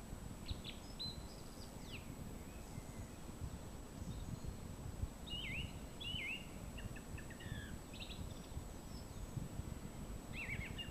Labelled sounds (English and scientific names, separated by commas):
Song Thrush (Turdus philomelos) song